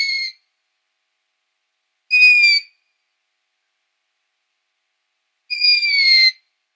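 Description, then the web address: Long-eared owl young uttering three shrill, wheezy, descending squeaks separated by pauses of roughly two and three seconds. Downy young. "Schulze Peter Long-eared Owl"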